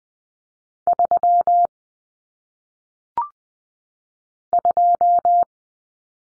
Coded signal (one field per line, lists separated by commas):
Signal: Morse code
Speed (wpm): 20 wpm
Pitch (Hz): 700 Hz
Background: none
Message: 3 2